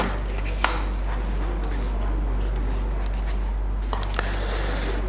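A 15 mm f/1.4 lens is twisted onto the bayonet mount of a Panasonic S1H camera body and locks into place with a sharp, short click at 0.7 s. Two fainter ticks follow at 4.0 s and 4.2 s over a steady low hum. The lens is seated on the mount.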